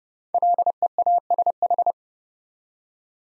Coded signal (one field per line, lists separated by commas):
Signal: Morse code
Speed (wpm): 28 wpm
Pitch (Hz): 700 Hz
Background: none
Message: LEASH